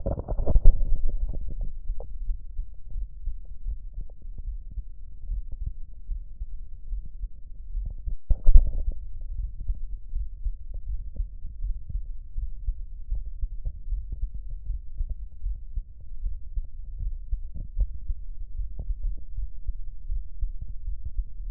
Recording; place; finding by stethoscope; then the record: heart sounds by stethoscope; mitral valve (MV); normal heart sounds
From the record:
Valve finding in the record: mitral regurgitation, grade 0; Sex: male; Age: 20 years